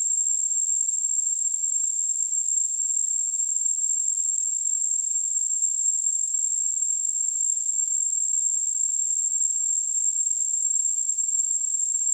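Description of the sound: A steady, unbroken high-pitched whistle around 8 kHz, with a faint hiss around it, lasting about twelve seconds. It is a simulated tinnitus sound, imitating the constant ringing a person with tinnitus hears.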